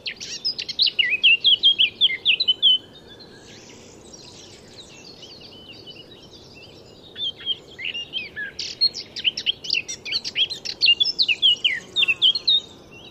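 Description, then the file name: Eurasian blackcap song heard twice: a rich whistled phrase, several seconds of quiet, then another scratchy warble ending in clear fluty notes. "Sylvia atricapilla"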